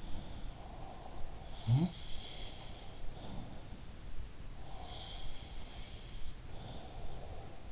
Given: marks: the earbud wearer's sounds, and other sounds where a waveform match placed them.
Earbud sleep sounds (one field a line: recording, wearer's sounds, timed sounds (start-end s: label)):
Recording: sounds in sleep by an in-ear microphone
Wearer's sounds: breath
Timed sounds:
0.00-0.64 s: sound from someone else or the room
0.45-3.11 s: breath
1.53-3.96 s: sound from someone else or the room
4.40-7.72 s: breath
4.68-7.01 s: sound from someone else or the room